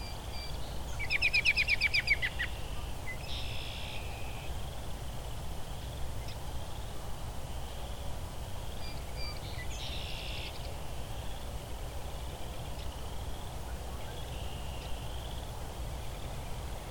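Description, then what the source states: American robin calls: a fast burst of sharp repeated notes near the start, then scattered brief buzzy calls amid constant low-pitched background rumble. In a tree just ahead of the recordist, making many calls, including its laughing sound, rather than singing.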